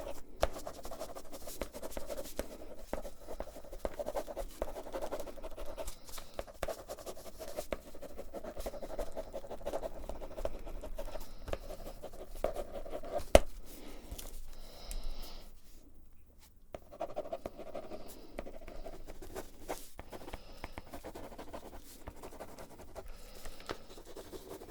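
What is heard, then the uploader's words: Dense tapping and scratching continue almost without pause, with many quick sharp clicks over a rough, low-mid rasping layer. The scratching holds fairly steady until a short quiet gap around 16 seconds, then picks up again at the same busy pace. FAST TRIGGERS For Intense Tingles (Tapping, Scratching & NO Talking).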